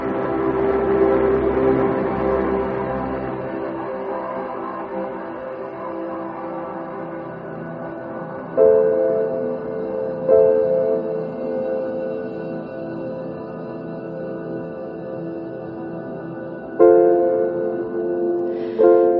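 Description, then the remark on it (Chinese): An old subway train rolls into a platform with a heavy, sweeping rumble, then high metallic squeals and whining tones flare up several times as it slows, loud throughout, with no voices. “我站在月台上，打开录音机，仍然只会无意识的声音收集，录下了古旧地铁进站前那轰然席卷一切的声音。”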